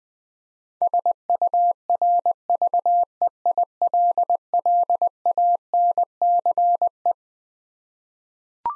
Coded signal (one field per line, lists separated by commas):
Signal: Morse code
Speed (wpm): 20 wpm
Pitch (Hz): 700 Hz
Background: none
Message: SURVEILLANCE